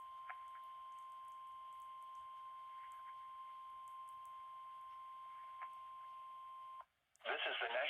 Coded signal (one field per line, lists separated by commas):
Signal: Emergency Alert System (SAME) tones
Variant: 1050 Hz attention tone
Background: speech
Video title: EAS #14 - Required Weekly Test on KIH-29